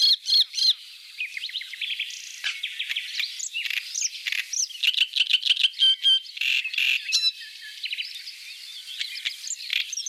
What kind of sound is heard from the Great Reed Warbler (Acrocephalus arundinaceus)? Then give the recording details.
song. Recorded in the wild. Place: NSG Kittlitzer Hofsee, Schleswig-Holstein, DE. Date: 1986-05-13. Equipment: Uher Report Monitor. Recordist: Schwarz, Dieter. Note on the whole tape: Song